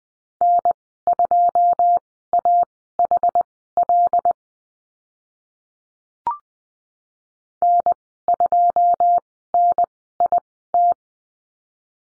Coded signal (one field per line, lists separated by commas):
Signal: Morse code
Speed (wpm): 20 wpm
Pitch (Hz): 700 Hz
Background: none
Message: N2AHL N2NIT